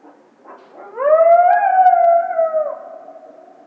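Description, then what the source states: Coyote giving a single long howl, rising into a sustained, slightly wavering tone that steps a little higher, then dropping and trailing away. Recorded on 1 February 2010.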